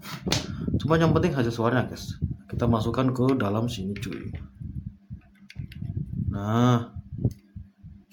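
An XLR cable plug is handled at the jack of a phantom power box while someone talks, with a few faint taps and knocks of handling between phrases. Nothing has seated or clicked yet; the plug is not yet home when the clip ends.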